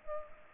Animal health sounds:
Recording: mosquito wingbeat signal from an infrared sensor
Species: Culex pipiens

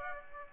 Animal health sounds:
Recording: mosquito wingbeat signal from an infrared sensor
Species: Aedes aegypti

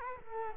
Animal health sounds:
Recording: mosquito wingbeat signal from an infrared sensor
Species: Culex quinquefasciatus

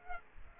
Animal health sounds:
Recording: mosquito wingbeat signal from an infrared sensor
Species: Aedes aegypti

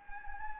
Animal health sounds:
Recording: mosquito wingbeat signal from an infrared sensor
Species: Anopheles gambiae

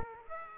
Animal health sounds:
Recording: mosquito wingbeat signal from an infrared sensor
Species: Aedes aegypti

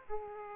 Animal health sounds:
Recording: mosquito wingbeat signal from an infrared sensor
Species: Aedes aegypti

